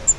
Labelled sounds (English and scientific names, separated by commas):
Grace's Warbler (Setophaga graciae) flight call